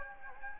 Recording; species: mosquito wingbeat signal from an infrared sensor; Anopheles gambiae